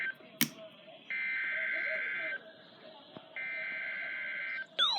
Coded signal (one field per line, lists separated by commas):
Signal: Emergency Alert System (SAME) tones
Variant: header bursts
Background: speech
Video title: Enhanced risk EAS 36-53 4/13/20